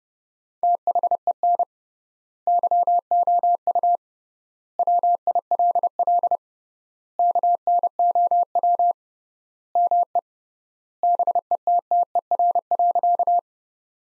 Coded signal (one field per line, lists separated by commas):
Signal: Morse code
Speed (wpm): 32 wpm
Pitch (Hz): 700 Hz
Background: none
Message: THEN YOU WILL KNOW ME BETTER.